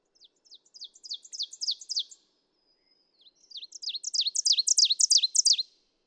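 Ovenbird delivering two songs in succession, each a fast run of piercing, repeated high double notes growing louder, separated by a pause of about a second.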